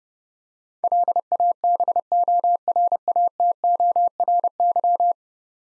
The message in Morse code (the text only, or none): LABORATORY